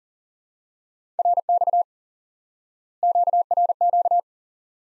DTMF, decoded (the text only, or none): none